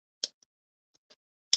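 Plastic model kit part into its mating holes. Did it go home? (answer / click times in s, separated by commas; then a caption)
yes / 1.5 s. A plastic model kit part is pushed into its mating holes, giving a sharp plastic click at 0.2 s, faint ticks around 0.4, 1.0 and 1.1 s, and a loud, bright snap at 1.5 s. The part clicks into place and is fully seated at 1.5 s.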